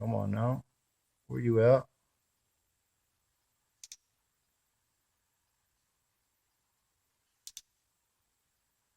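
A spark plug is tightened one-handed into the cylinder head of a 2005–2008 Toyota Sienna van engine with a click-type torque wrench set to 13 foot-pounds. Someone talks for the first two seconds, then a sharp double click sounds at 3.8 and 3.9 seconds, followed by a second pair of clicks at 7.5 and 7.6 seconds. The wrench clicks at its setting, showing the plug has reached the set torque.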